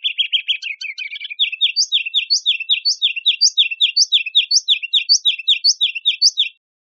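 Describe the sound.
Ruby-crowned kinglet giving a fast chattering opening, then a steady string of paired, downslurred chirps about two per second, each topped by a higher note.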